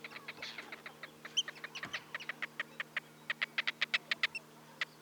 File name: Arctic Tern Sterna paradisaea